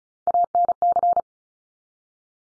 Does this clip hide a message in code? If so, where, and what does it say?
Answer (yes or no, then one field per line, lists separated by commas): yes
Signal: Morse code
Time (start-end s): 0.3-1.2 s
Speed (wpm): 36 wpm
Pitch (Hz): 700 Hz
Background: none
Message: ANC